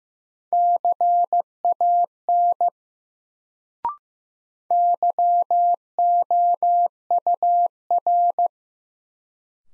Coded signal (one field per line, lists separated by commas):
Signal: Morse code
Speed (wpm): 15 wpm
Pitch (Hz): 700 Hz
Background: none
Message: CAN YOUR